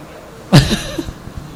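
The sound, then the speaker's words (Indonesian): A voice imitates a restless horse's whinny: one sudden, loud, breathy burst that trails off over about a second, with a few faint low sounds after it. “Kudanya berisik gitu, gerak dengan suara gelisah. Ya, seperti kuda yang gelisah.”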